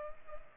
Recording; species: mosquito wingbeat signal from an infrared sensor; Culex pipiens